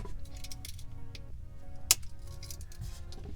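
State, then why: Seated. The steel main blade of a Victorinox folding multi-tool pocket knife is opened and closed, snapping against its backspring with a more satisfying snap. Soft clicks sit under steady background music, and the blade seats into the handle with a sharp, bright snap at 1.9 s.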